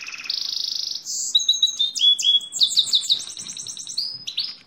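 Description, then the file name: Canary song: a rapid rattling buzz, then chirped notes rising and falling in quick succession, fast rolling trills and a final upswept whistle. "canto do canario lizard"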